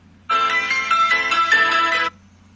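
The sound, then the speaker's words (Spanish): A phone ringtone plays for nearly two seconds, a bright, loud electronic melody of layered tones with a few shifting notes, starting and stopping abruptly over a low steady hum. “Ahorita estoy atendiendo la llamada en WhatsApp, permítame a la gente que está llamando por teléfono.”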